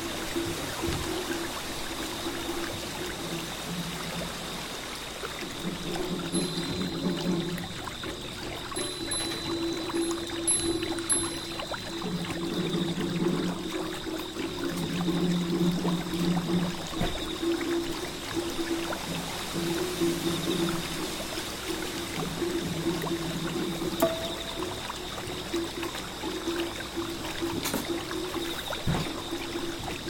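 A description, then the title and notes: Flowing water runs steadily throughout, a dense, even rush. Low, humming drum tones swell and fade every few seconds beneath it, and a few faint high chirps flicker near the start. A midsummer night full of Zen, the sound of drums echoing on the small bridge and flowing water.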